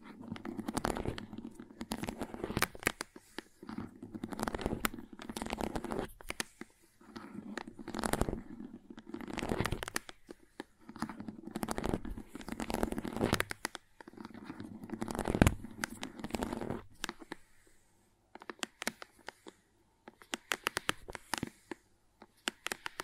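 Crayons tap, scrape and carve in dense bursts of gritty clicks and scratches, broken by short pauses, thinning out and sparser after about seventeen seconds.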